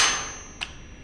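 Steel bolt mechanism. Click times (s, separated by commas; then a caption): 0.6 s. After a magazine is inserted into a Springfield Hellion VHS-2 rifle, its pinch-style bolt release is squeezed and the metal bolt, freed from the bolt catch in the receiver, slams forward with a sharp, hammer-like clack at 0.6 s. Before it, a loud hiss fades away over the first half second, and a faint steady high tone runs throughout. The bolt is released and drops forward.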